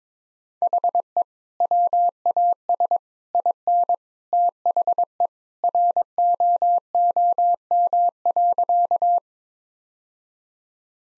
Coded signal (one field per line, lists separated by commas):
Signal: Morse code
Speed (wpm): 22 wpm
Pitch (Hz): 700 Hz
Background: none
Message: HE WAS IN THE ROOM.